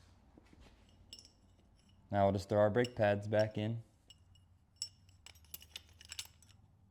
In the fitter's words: We're going to slide this one in now. Super easy. Should hear like a little click.